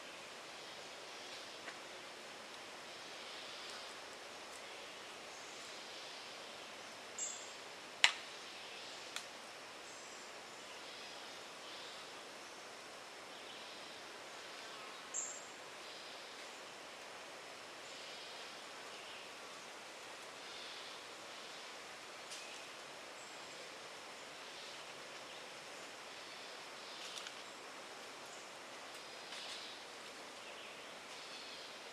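Outdoor ambience at a conservation area on the edge of Orlando, Florida: a steady, dense hiss like flowing water or insects fills the scene. A few sharp clicks and ticks stand out near 7–9 and 15 seconds, with fainter ones later.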